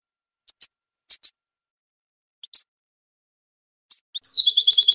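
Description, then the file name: European goldfinch giving a few scattered short chirps, then breaking into a rapid, repeated trilled phrase at the end. "suara burung chardonneret atau goldfinch eropa om kicau"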